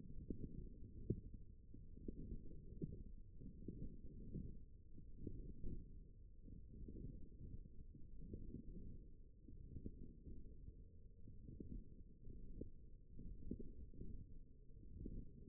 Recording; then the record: forearm muscle sounds (acoustic myography)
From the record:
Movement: forearm pronation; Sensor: system 1, eight BSWA MPA416 microphones around the upper forearm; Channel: 4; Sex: female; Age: 21 years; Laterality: right